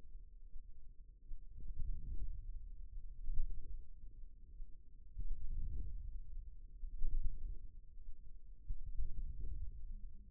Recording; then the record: forearm muscle sounds (acoustic myography)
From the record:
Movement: outward rotation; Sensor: system 2, bracelet of six BSWA MPA416 microphones around the upper forearm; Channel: 3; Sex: male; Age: 22 years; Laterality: right